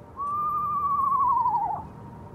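Eastern Screech Owl giving a single long whistled trill, steady then gently falling and quavering toward the end, lasting about one and a half seconds over quiet background.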